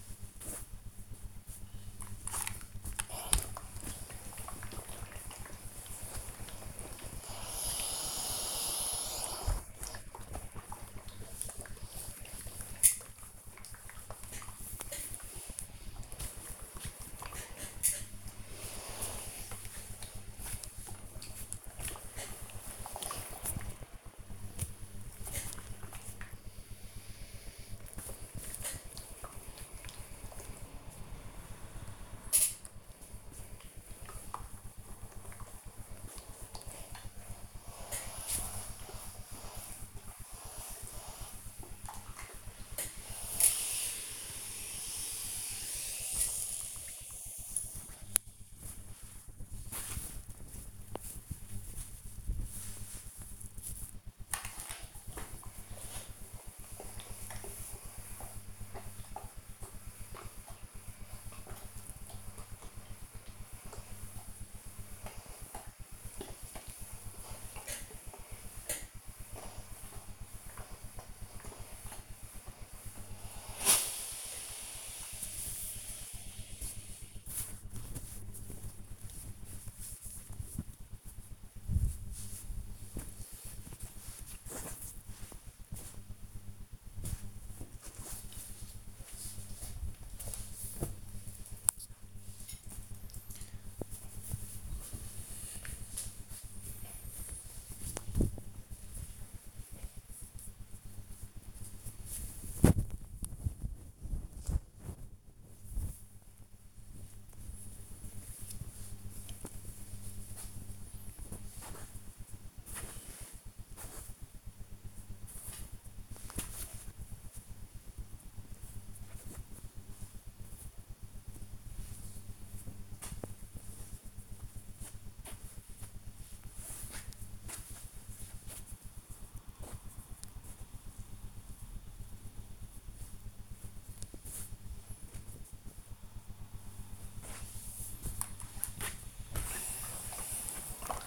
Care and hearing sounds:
household activities, microphone on the right wrist
0.00-89.53 s: ironing laundry
138.78-141.07 s: ironing laundry

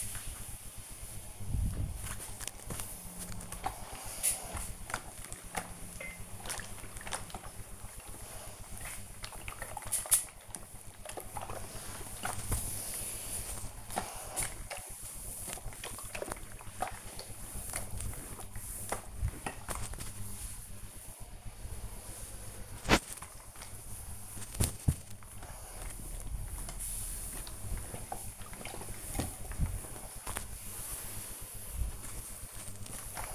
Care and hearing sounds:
household activities, microphone on the right wrist
0.00-33.35 s: ironing laundry

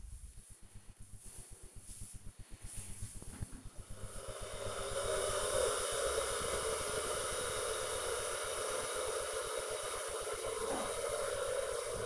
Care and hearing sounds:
household activities, microphone on the right wrist
0.00-12.05 s: making tea

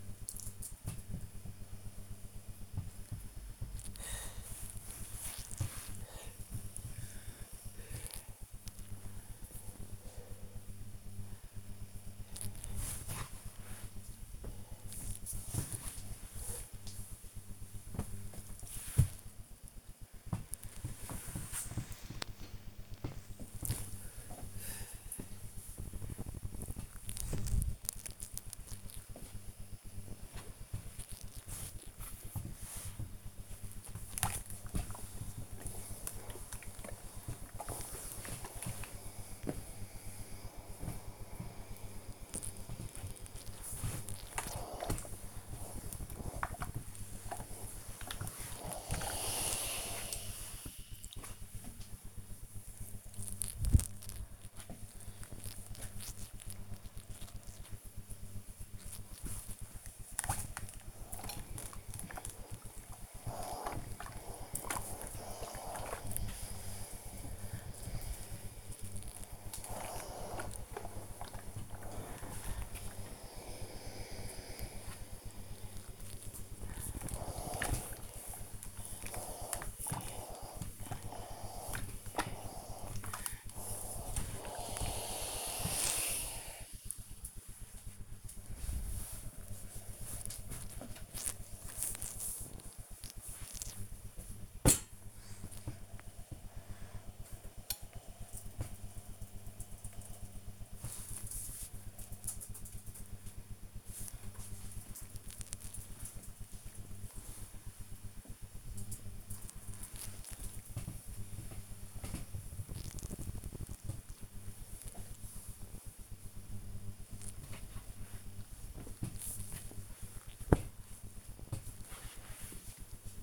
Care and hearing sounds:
household activities, microphone on the right wrist
0.00-18.26 s: folding laundry
20.27-96.70 s: ironing laundry
103.72-122.84 s: folding laundry

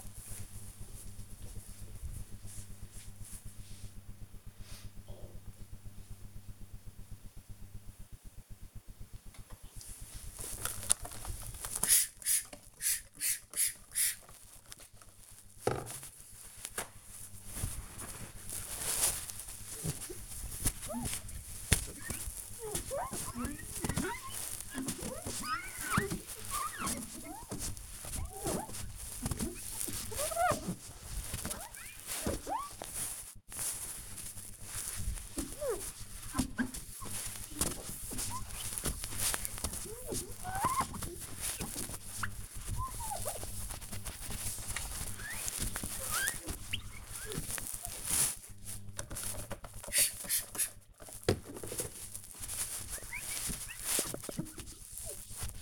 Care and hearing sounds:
household activities, microphone on the right wrist
8.69-55.61 s: window cleaning

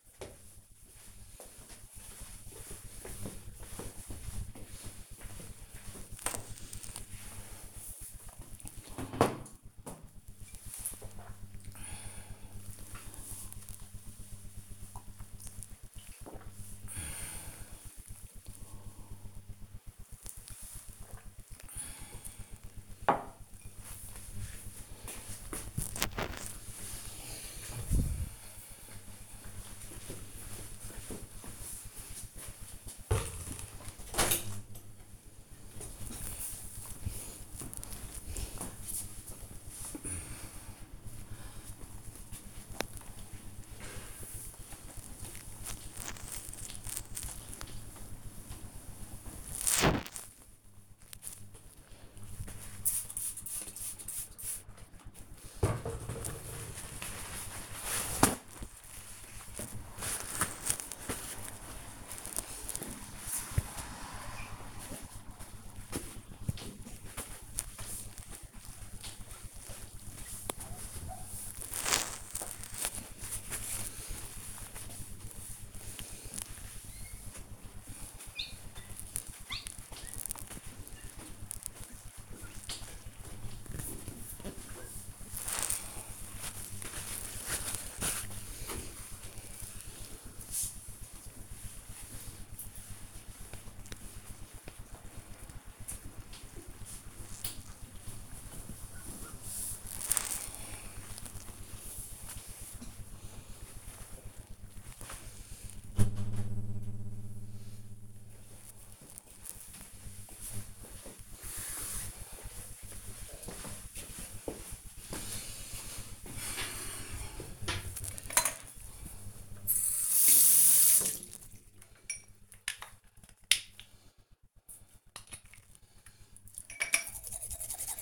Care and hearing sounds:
household activities, microphone on the right wrist
5.62-21.73 s: drinking
33.81-104.34 s: window cleaning
120.47-128.02 s: brushing teeth

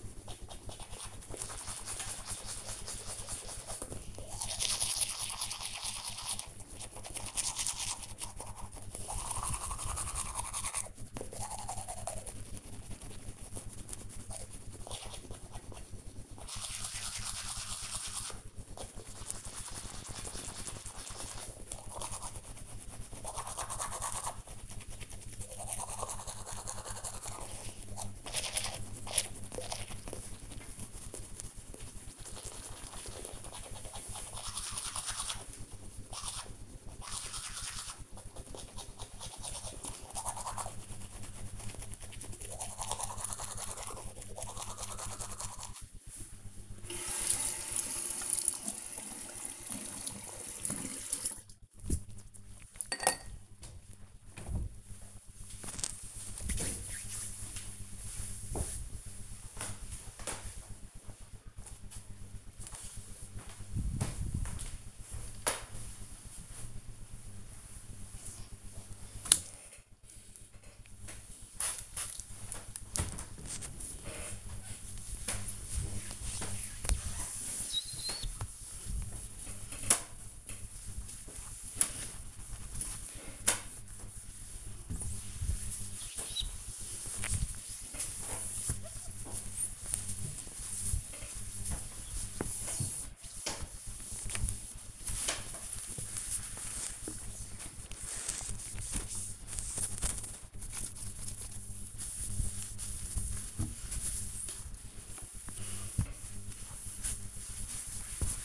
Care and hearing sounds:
household activities, microphone on the right wrist
0.00-53.31 s: brushing teeth
70.42-108.44 s: window cleaning

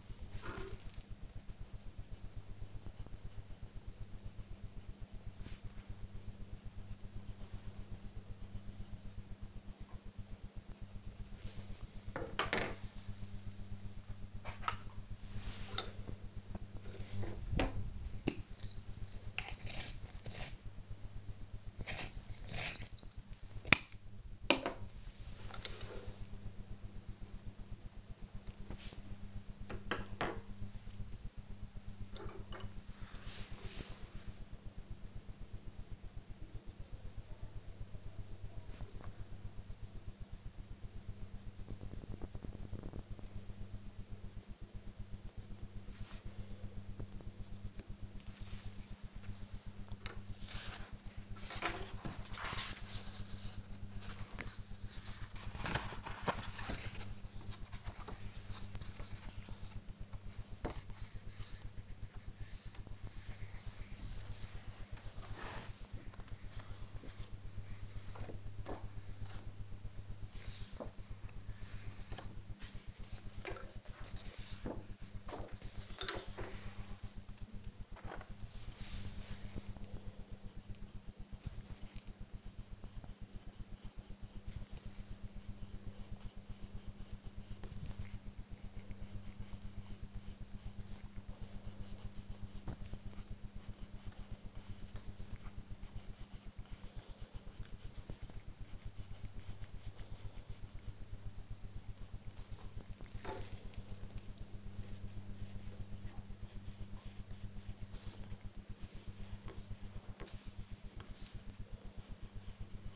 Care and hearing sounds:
household activities, microphone on the right wrist
0.00-8.92 s: drawing
13.95-102.46 s: drawing
106.48-112.96 s: drawing

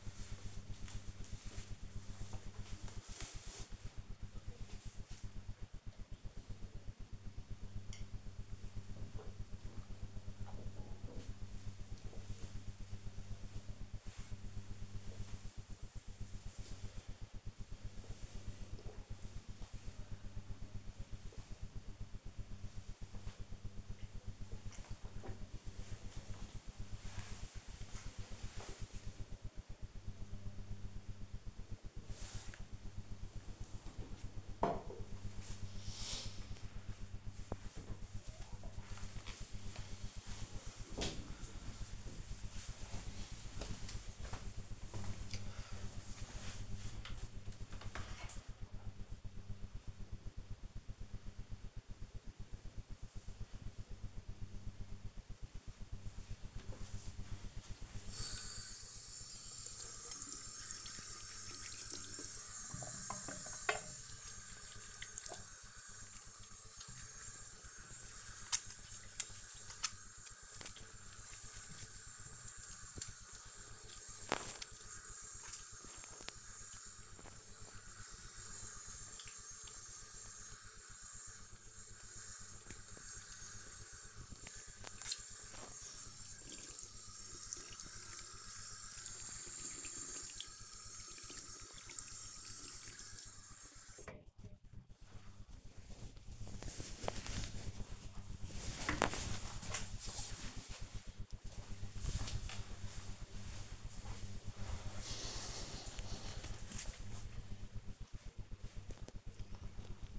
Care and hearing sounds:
household activities, microphone on the right wrist
0.00-33.85 s: drinking
55.97-95.19 s: washing hands

